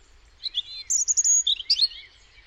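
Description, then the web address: European robin song of high, thin whistles and fast tinkling trills in one varied phrase. "cianscape birddata Deverinetal 2025 Bird Only Er Ru"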